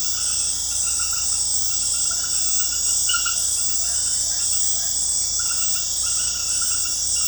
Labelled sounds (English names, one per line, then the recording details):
none
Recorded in dense forest near Puerto Asís, Putumayo, Colombia, on 21 February 2024 at 23:00
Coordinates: 0.487, -76.319
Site G6403